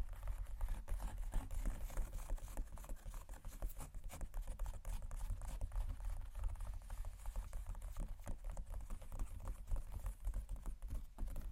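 Fingers tap and scratch across leather bags in a dense, continuous patter of quick, dry clicks and scuffs that never lets up over the twelve seconds. A steady low rumble sits underneath, and the overall loudness stays even throughout.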